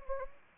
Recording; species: mosquito wingbeat signal from an infrared sensor; Anopheles arabiensis